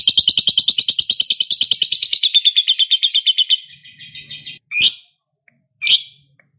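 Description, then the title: Lovebird song, a rapid high chattering trill lasting over three seconds, fading into softer twitters, then two sharp loud chirps. Lovebird described as reluctant to sing, prompted into spontaneous, excited singing. "LOVEBIRD Malas Bunyi JADI GREGET SPONTAN Langsung NARIK"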